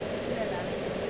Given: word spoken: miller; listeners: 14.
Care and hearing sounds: one English word in noise, from a listening test; speech-shaped noise; -6.5 dB; 3 of 14; 8 of 14; 0.71 s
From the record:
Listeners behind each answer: 8, 3, 1, 1, 1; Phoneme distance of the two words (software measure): 10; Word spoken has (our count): 2 syllables, 4 phonemes, stress on syllable 1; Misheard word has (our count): 2 syllables, 4 phonemes, stress on syllable 1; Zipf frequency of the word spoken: 4.12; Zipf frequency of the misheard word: 4.45

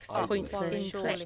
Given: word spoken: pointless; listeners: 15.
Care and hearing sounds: one English word in noise, from a listening test; four-talker babble; -1.1 dB; 2 of 15; 6 of 15; 0.86 s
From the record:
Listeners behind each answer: 6, 2, 1, 1, 1, 1, 1, 1, 1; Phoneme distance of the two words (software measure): 51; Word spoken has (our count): 2 syllables, 7 phonemes, stress on syllable 1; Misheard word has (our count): 1 syllable, 4 phonemes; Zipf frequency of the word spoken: 4.82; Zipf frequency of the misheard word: 4.17

